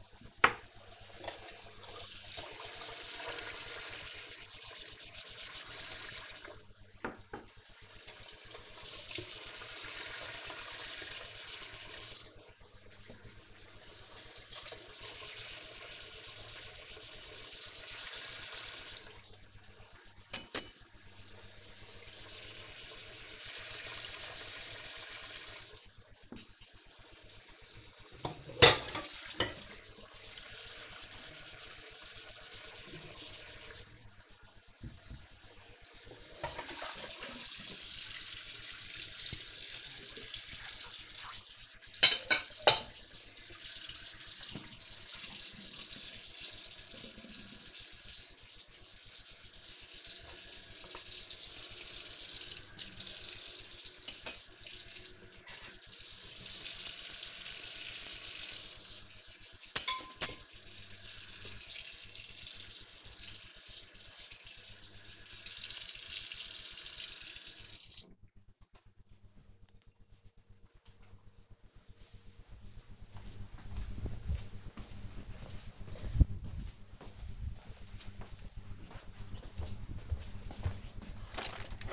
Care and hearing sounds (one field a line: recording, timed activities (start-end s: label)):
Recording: household activities, microphone on the right wrist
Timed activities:
0.00-67.67 s: washing dishes